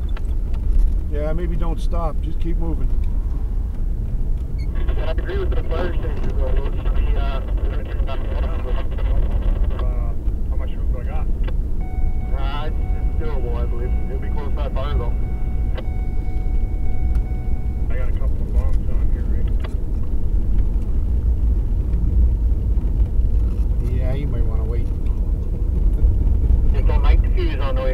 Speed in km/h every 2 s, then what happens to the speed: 40, 41, 45, 51, 54, 58, 61, 62, 64, 65, 65, 66, 68, 69.
0-12 speeds up to 61. 12-28 steady at about 65.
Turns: none.